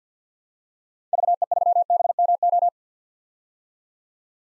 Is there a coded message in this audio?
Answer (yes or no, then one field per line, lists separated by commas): yes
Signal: Morse code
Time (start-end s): 1.1-2.7 s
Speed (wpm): 50 wpm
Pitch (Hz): 700 Hz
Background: none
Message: VE3BMO